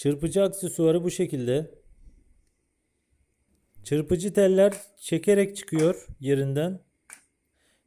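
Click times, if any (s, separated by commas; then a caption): 7.1 s. Someone talks while the whisk wires are pulled out of the plastic whisk attachment of an Arzum Starry AR-1111 hand blender set and pushed back into the same place. After a quiet pause and more talk, a short sharp click at 7.1 s marks the whisk wires seating back into the holder.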